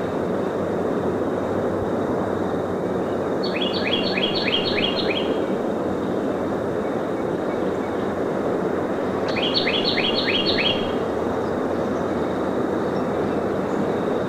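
Northern cardinal song: two short, quick phrases of stacked whistled notes over a steady drone of traffic and a thin constant tone.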